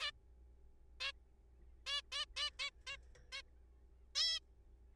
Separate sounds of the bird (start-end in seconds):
0.01-0.11, 1.00-1.12, 1.87-2.01, 2.12-2.25, 2.37-2.50, 2.60-2.70, 2.87-2.97, 3.32-3.42, 4.15-4.39